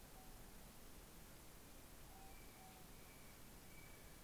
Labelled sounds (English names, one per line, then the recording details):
North Island Brown Kiwi male call
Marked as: faintness 3/5
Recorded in New Zealand on 16 November 2013
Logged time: 21:44
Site BS16